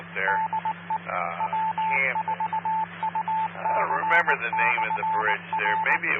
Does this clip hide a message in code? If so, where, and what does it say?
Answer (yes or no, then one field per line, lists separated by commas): yes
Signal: Morse code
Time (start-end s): 0.3-6.0 s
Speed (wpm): 20 wpm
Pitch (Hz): 880 Hz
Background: speech, radio noise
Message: DE W4UC/R